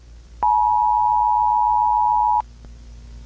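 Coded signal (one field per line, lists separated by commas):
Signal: Emergency Alert System (SAME) tones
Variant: 853 and 960 Hz attention tone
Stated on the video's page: Fictional EAS scenario.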